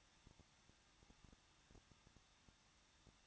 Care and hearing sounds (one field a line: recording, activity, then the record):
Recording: daily activity, microphone in the room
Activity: no activity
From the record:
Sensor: 3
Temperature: 21.2 degrees Celsius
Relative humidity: 36.2%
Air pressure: 1006.4 hPa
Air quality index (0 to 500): 221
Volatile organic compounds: 40 ppm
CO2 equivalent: 3142 ppm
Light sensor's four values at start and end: 2/3/2/2 and 2/3/2/2